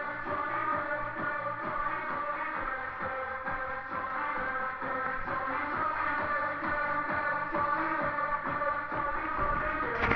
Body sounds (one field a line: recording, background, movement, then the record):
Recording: deep breathing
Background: music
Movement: walking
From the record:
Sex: female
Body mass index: 18.3 kg/m2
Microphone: on the chest, facing the body